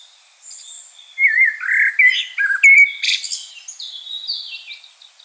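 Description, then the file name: Common blackbird singing a mellow, warbled fluty phrase followed by a burst of high, scratchy twittering and thin sliding notes. "Turdus merula"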